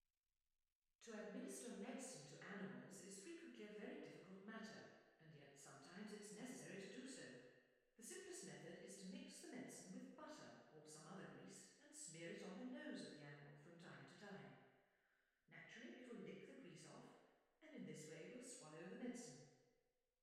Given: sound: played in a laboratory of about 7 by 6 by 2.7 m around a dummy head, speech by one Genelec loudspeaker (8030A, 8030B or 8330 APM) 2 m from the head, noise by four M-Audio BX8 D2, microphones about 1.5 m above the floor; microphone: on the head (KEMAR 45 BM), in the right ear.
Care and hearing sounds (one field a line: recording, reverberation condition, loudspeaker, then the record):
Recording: female speech in English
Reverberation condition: high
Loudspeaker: 90 degrees to the left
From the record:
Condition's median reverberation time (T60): about 1300 ms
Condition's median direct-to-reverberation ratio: about -4.0 dB